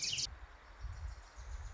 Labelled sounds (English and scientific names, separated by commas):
Wilson's Warbler (Cardellina pusilla)